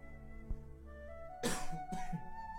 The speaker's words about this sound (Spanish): Disculpen mi tos.